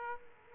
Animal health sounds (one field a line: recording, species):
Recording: mosquito wingbeat signal from an infrared sensor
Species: Aedes aegypti